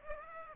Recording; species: mosquito wingbeat signal from an infrared sensor; Aedes aegypti